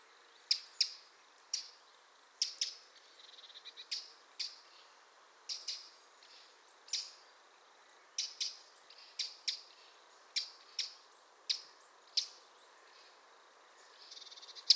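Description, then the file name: Eurasian wren calls: many sharp, dry high ticks, often doubled or in short quick bursts, repeated steadily throughout with brief soft rattles between. "Troglodytes troglodytes"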